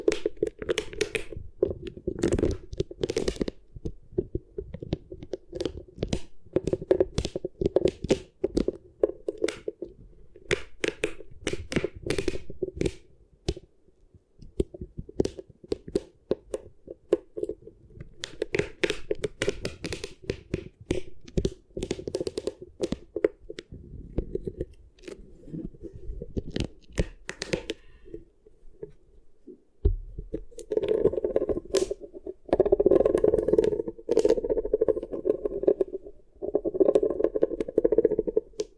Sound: Beeswax Ear Triggers